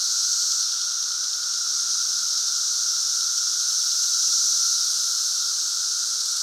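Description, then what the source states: Periodical cicadas in a dense chorus, a steady high hissing roar with a fainter lower drone underneath, unbroken throughout. Cicadas recorded during the 2024 emergence.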